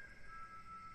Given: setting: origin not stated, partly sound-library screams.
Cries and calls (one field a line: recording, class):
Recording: one-second piece from a danger detection set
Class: normal situation